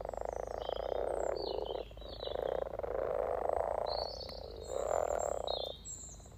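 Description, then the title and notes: Frog chorus of long purring croak bursts separated by brief pauses, with birds chirping and singing above. Chorus of about 20 frogs in a sunny garden pond, welcoming arriving females come to spawn; Freshfield, Formby, Merseyside, UK; sunny St Patrick's Day lunchtime, 17 March 2023, spring. "Relaxation Frog Chorus Capturing Voices 2023 Spring first lunch outside. Frog chorus captured on 17th March 2023, Freshfield Formby Merseyside, UK Our first lunch outside on sunny St Patrick’s day 17 March 2023"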